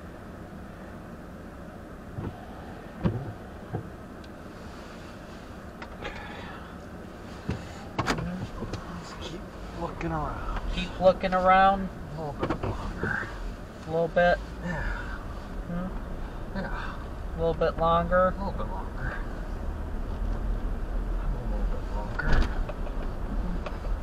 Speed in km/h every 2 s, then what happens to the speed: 0, 0, 0, 0, 0, 0, 0, 0, 0, 10, 13, 13.
0-17 standing. 17-19 pulls away to 13.